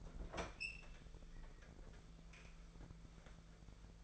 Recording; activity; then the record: daily activity, microphone in the room; open fridge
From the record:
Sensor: 5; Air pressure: 1015.0 hPa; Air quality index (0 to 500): 181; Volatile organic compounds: 7 ppm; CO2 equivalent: 1995 ppm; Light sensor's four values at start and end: 45/106/44/45 and 49/113/47/50